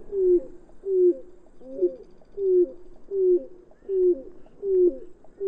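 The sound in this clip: Bird cooing: soft, low, hollow coos repeated steadily about once every three-quarters of a second.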